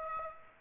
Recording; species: mosquito wingbeat signal from an infrared sensor; Aedes aegypti